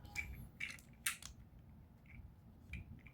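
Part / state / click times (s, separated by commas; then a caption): figure front piece into two slots / seated / 1.1 s. A plastic front piece of a transforming toy figure is brought down and locked into two slots. Short plastic clicks and rattles are heard, with the sharpest snap at 1.1 s as the piece locks into place. Fainter handling taps follow.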